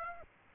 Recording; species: mosquito wingbeat signal from an infrared sensor; Aedes aegypti